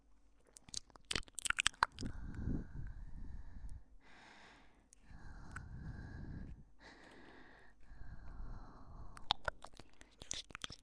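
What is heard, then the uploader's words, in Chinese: Wet mouth sounds and ear licking: sharp clicks and smacks near the start and end, with longer soft, moist swishes between. 3D纯享口腔音（asmr助眠舔耳）。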